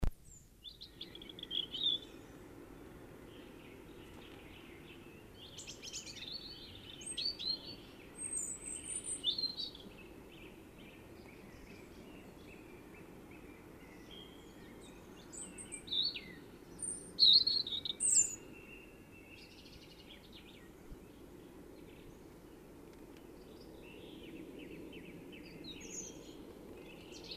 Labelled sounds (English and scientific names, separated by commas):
European Robin (Erithacus rubecula) song